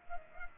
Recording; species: mosquito wingbeat signal from an infrared sensor; Culex pipiens